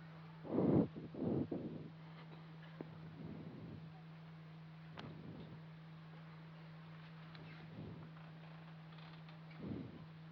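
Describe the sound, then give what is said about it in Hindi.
A door creaks open with two loud, grinding groans at the start, then faint scattered clicks and soft knocks follow over a steady low hum. “खुला रहे दरवाजा”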